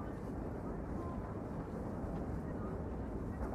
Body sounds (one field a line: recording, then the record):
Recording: background sound without coughing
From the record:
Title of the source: Train Ride Ambience ambient white noise for sleeping, focus, studying, reading